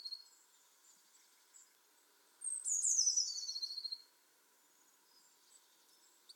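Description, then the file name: Eurasian blue tit producing a single high descending phrase ending in a fast, even trill, surrounded by faint calls and quiet. "Cyanistes caeruleus"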